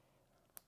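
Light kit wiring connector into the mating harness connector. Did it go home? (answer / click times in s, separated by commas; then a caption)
yes / 0.6 s. A plastic wiring connector for a Warp9 Big Light kit is clipped into its mating harness connector. Against a quiet low background, a single short, sharp click is heard at 0.6 s as the connector seats.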